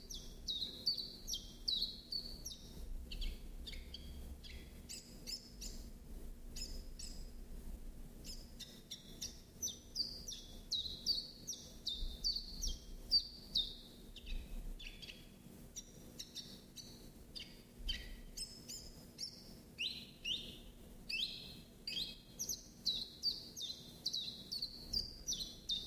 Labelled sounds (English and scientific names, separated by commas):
Common Chiffchaff (Phylloscopus collybita) song